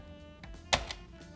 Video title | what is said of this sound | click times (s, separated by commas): Old Apple laptops are literally FALLING APART | Okay, well it snaps into place, so that's good. | 0.7 s